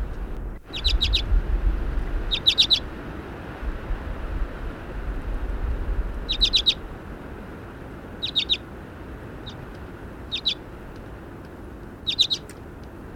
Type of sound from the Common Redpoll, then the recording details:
call. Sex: female. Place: Lieschow, Insel Rügen, Mecklenburg-Vorpommern, DE. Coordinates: 54.437, 13.175. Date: 1972-11-25. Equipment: Nagra III BH, Sennheiser MD 21. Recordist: Schubert, Michael. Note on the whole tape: Birkenzeisig (Weibchen ad. flammea) im Lockkäfig, "tschütt-tschütt" und Langruf